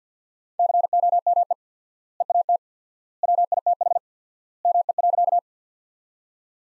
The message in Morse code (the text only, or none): COME EAT WITH ME.